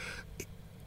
That was a cute sneeze. That's like a Pokemon sneeze. Pikachu sneezing.